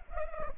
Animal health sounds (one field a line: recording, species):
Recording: mosquito wingbeat signal from an infrared sensor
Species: Culex pipiens